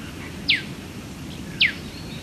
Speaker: The call of the eastern yellow robin.